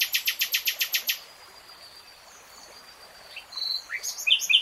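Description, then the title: Nightingale song opening with a rapid run of high repeated pulses, followed by a quiet gap and then varied sharp, high notes and short flourishes. "[Tiếng chim hót] Nightingale Singing"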